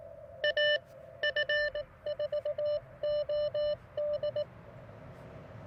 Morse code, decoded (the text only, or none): AF4OD